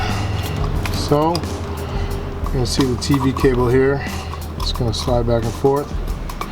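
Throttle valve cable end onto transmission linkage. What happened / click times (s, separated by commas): The cable end is being handled and has not clicked home yet / none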